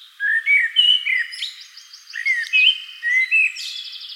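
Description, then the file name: Common blackbird song, quick sequence of looping whistled notes mixed with thin, buzzy high twittering. "Turdus merula"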